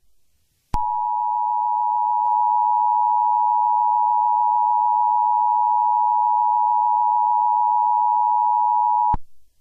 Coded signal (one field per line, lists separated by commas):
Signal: Emergency Alert System (SAME) tones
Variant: 853 and 960 Hz attention tone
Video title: [EAS Scenario] The Dueling Pandemics